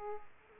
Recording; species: mosquito wingbeat signal from an infrared sensor; Aedes aegypti